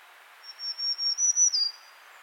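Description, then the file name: Black-throated green warbler song: a thin, high, slightly buzzy series of about five notes on one pitch, ending in a brief lower buzzy note, over faint background hiss. "Setophaga virens - Black-throated Green Warbler"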